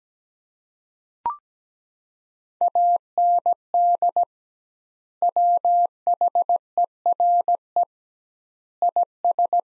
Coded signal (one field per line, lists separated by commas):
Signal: Morse code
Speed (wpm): 17 wpm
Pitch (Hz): 700 Hz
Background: none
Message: AND WHERE IS